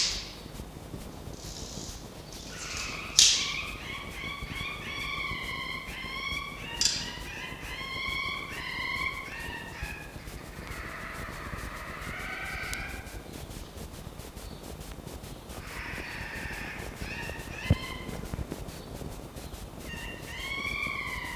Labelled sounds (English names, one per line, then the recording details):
Red Fox
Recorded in captivity
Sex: female
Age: juvenile
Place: Zoologisches Institut der HUB, Berlin, DE
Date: 1953-04-20 12:15
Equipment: Elmetra
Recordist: Tembrock, Günter